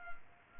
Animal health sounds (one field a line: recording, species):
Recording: mosquito wingbeat signal from an infrared sensor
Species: Culex pipiens